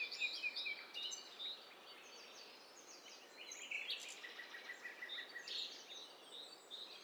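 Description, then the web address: Several birds singing at once, faint high chirps and thin whistled phrases overlapping against a steady background hiss. Overlapping mix of several birds, in stereo. "STEREO BIRD COCKTAIL PARTY"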